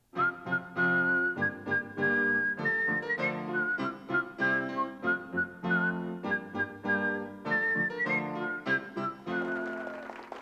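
A bright melody of a song, whistled by a robot, rises and falls in short rhythmic phrases over a full, steady instrumental backing, loud and continuous throughout.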